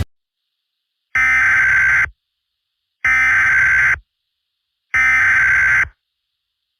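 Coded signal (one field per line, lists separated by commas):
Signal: Emergency Alert System (SAME) tones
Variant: header bursts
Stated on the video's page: Fictional EAS scenario, a Halloween special.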